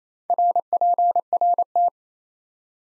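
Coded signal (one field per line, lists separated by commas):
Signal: Morse code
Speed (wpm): 28 wpm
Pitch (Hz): 700 Hz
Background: none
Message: RPRT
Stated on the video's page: Morse QSO-element head-copy drill at 28 wpm, each element sent in Morse, then spoken, then sent again.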